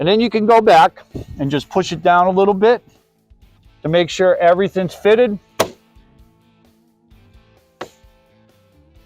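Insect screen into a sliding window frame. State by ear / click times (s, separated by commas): seated / 5.6 s, 7.8 s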